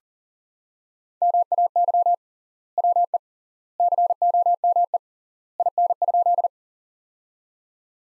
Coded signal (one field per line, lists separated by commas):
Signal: Morse code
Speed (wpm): 39 wpm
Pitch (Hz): 700 Hz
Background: none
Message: MAY WE COME IN?